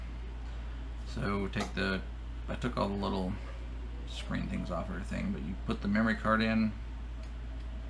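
A microSD memory card is being handled for insertion into the card slot of a BlueSkySea dual camera dashcam during unboxing, while someone talks over a steady low hum. Nothing has seated or clicked yet; the clip ends before the card goes home.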